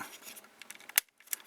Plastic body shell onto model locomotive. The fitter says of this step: just snaps oh and